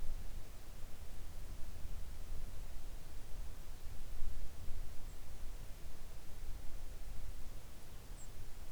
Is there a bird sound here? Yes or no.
yes